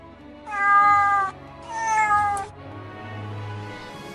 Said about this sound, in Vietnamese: hai con mèo cát tròn vo thế nhưng chủ động lại gần y, dùng thân mình cọ cọ chân y, híp mắt phát ra tiếng kêu mèo mèo.